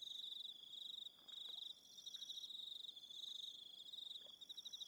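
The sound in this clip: Cricket chorus of fast, high trilling pulses with a few brief pauses.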